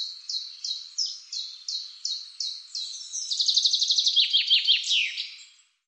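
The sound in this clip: Common chaffinch song: evenly spaced high notes give way to a quicker rattling trill and a final dropping flourish.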